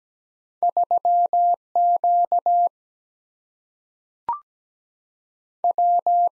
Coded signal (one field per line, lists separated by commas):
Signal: Morse code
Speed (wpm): 17 wpm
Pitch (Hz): 700 Hz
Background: none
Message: 3 Q W